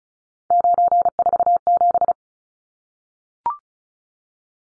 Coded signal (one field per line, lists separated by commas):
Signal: Morse code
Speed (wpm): 34 wpm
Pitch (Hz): 700 Hz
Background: none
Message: 947